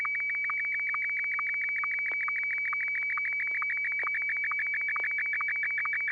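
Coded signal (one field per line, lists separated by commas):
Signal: SSTV (slow-scan television)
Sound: warbling high tone with rapid regular ticks, plus a steady whistle throughout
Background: steady whistle tone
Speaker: N6yg. He's first up. Like I said, he didn't skip a beat. So, uh, I'm sure he's got something ready for us. So, if you are ready, George, go ahead and send.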